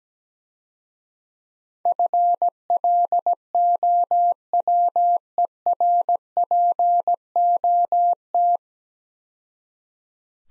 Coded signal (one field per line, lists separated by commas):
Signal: Morse code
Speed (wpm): 17 wpm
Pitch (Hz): 700 Hz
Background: none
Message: FLOWERPOT